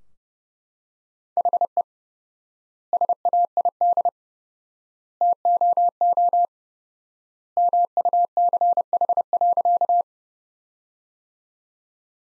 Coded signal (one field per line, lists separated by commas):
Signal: Morse code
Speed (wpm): 32 wpm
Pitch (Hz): 700 Hz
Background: none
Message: HE SAID TOO MUCH.